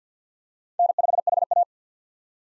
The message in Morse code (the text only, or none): N5HA